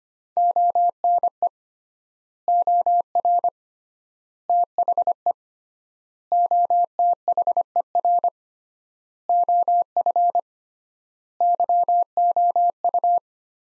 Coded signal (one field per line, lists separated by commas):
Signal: Morse code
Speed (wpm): 25 wpm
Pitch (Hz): 700 Hz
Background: none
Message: ONE OR THE OTHER OF YOU